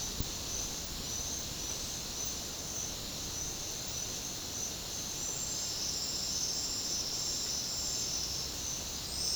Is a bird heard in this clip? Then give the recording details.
no. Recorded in pastures near Puerto Asís, Putumayo, Colombia, on 30 June 2025 at 09:30. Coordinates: 0.496, -76.326. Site GP01